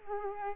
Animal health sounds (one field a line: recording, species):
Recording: mosquito wingbeat signal from an infrared sensor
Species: Culex quinquefasciatus